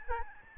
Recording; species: mosquito wingbeat signal from an infrared sensor; Aedes albopictus